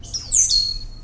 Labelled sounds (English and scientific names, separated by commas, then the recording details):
Stitchbird (Notiomystis cincta) song
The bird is a male
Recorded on Tiritiri Matangi Island, New Zealand, in 2005
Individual 16, of nest box 24